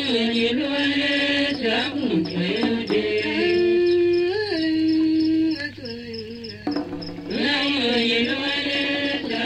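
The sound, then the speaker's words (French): A cricket hidden under the hearth stones chirps in a steady, high-pitched trill beneath mourning women gathered in the women's hut chanting a funeral song for the dead village chief in long, sliding, wavering notes, the singing rising and falling while the insect's sound persists throughout. “Un grillon caché sous les pierres du foyer les accompagne.”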